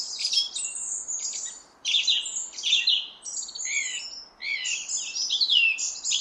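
Song thrush song of rich phrases mixing whistles, chirps and slurred notes, with short pauses between bursts.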